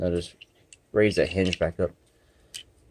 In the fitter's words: you can slide them in first and give them the right there in the crotch and just snap